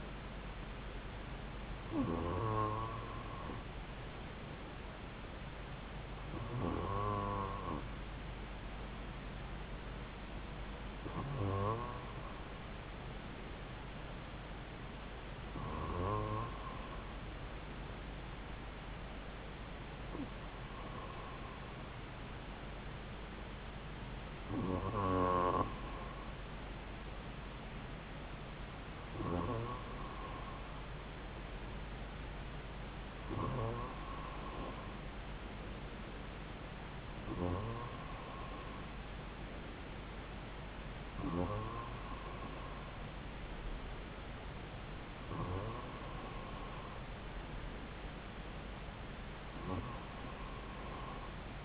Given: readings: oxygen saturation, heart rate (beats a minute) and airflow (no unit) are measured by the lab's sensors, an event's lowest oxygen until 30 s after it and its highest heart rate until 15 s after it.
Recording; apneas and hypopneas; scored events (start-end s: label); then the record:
breathing in sleep by a voice recorder at the bedside; none
none scored
From the record:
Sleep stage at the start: N2 (light sleep); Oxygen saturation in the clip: 94 to 95%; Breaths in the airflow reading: 12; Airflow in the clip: -2.6 to 2.1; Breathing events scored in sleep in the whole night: 270 in 6.1 hours asleep